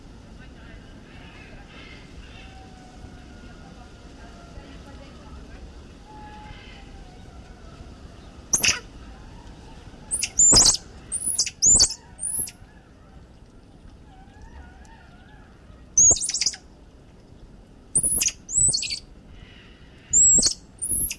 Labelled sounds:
Common Squirrel Monkey call
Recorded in captivity
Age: adult
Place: Zoopark Erfurt, Thüringen, DE
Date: 1968-10-10
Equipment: Uher 4000 Report-S, Sennheiser MD 421
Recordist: Tembrock, Günter

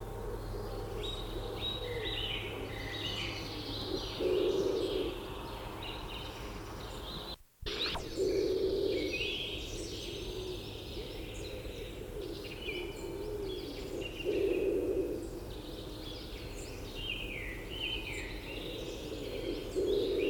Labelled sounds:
Common Wood Pigeon call
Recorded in the wild
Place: Gingst, Insel Rügen, Mecklenburg-Vorpommern, DE
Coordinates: 54.457, 13.256
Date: 1977-04-08
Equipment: Nagra III BH, Sennheiser MD 21, parabola
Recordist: Schubert, Michael
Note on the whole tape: Rufreihen und Nestrufe Ringeltauben

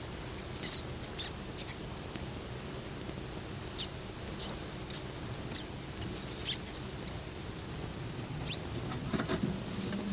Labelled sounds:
Brown Rat call
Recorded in captivity
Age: juvenile
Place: Zoologisches Institut der HUB, Berlin, DE
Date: 1955-05-23 12:00
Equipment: Elmetra
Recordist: Tembrock, Günter

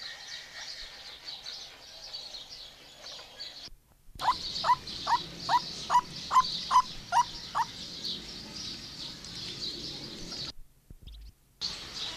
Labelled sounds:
Eurasian Teal call
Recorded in captivity
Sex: male
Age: adult
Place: Zoo Berlin, Berlin, DE
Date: 1991-06-03 10:24
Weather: cloudy, 12-15 °C
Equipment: Marantz, Sennheiser ME 80, Kopie Tesla B 116
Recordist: Tembrock, Günter

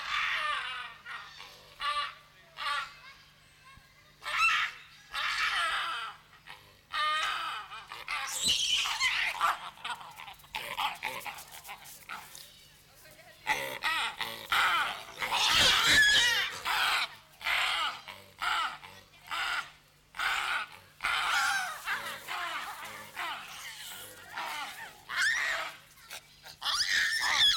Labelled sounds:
Hamadryas Baboon
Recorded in captivity
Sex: diverse
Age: diverse
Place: Zoo Augsburg, Bayern, DE
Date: 1993-09-04 12:18
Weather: 14 °C, bedeckt
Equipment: Marantz CP 430, Sennheiser MKH 416 T, Kopie Uher Variocord 263
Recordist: Tembrock, Günter

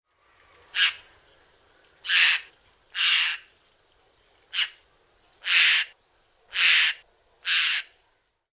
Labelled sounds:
White-throated Magpie-Jay
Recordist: Tembrock, Günter
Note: Kurzlaute

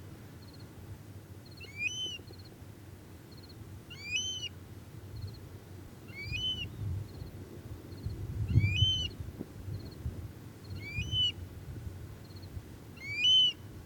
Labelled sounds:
Eurasian Stone-curlew call
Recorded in the wild
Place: Istria, Dobrogea, RO
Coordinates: 44.57, 28.712
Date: 1976-06-03
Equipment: Nagra III BH, Sennheiser MD 21, parabola
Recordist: Schubert, Michael
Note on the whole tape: Triel, hochgezogene, hohe Langrufe

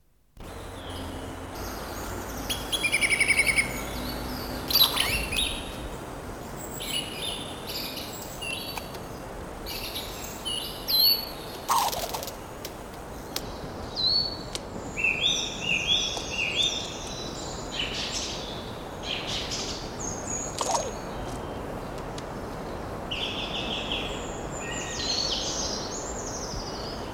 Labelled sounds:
Eurasian Red Squirrel call
Song Thrush
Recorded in the wild
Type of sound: call
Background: Turdus philomelos
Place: Templin, Brandenburg, DE
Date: 1981-03-27
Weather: cloudy, 8-10°C, partly gusty winds
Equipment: Nagra SN, Kopie Uher 4200
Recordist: Tembrock, Günter
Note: Nahe Lübbe-See

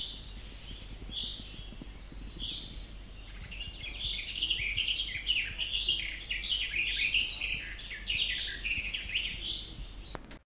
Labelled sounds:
Eurasian Wren
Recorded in the wild
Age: adult
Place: Marburg, DE
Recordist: Brunner, Thomas

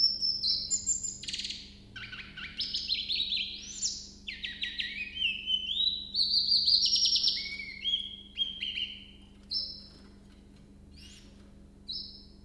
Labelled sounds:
Willow Warbler
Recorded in captivity
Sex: male
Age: adult
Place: Zoologisches Institut Universität Tübingen, Baden-Württemberg, DE
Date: 1965-05-20 06:25
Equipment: Nagra III PH, kleiner englischer Parabolspiegel, LGS26
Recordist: Schneider, Hans-Joachim
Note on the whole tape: Gesang. Männchen rechts rot/grün - links grün, geschlüpft am 20.05.1964 am Spitzberg. (von diesem Tier existieren auch Jugendaufnahmen). Aufnahme in einem separaten Raum mit kleinem englischen Parabolspiegel

